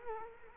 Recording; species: mosquito wingbeat signal from an infrared sensor; Culex quinquefasciatus